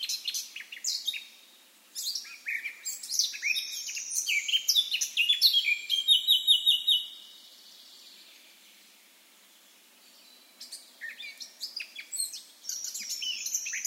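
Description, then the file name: Eurasian blackcap song: a busy warble ending in bright repeated fluty notes, a quiet pause, then chattering starts again. "Sylvia atricapilla"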